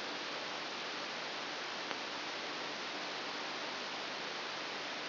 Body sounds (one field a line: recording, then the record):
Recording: brain microelectrode recording played as sound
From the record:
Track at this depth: inside the subthalamic nucleus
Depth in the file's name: 1.606 mm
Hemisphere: right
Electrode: 3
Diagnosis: Parkinson's disease